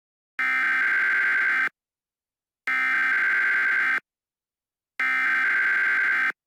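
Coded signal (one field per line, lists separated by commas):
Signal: Emergency Alert System (SAME) tones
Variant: header bursts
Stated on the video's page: Fictional Twitter EAS scenario made for entertainment, using valid EAS tones.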